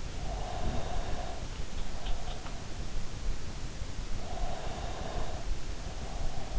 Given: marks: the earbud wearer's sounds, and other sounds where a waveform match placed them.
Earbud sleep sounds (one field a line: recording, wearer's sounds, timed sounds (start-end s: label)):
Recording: sounds in sleep by an in-ear microphone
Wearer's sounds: breath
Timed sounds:
0.54-2.09 s: breath
4.29-6.59 s: breath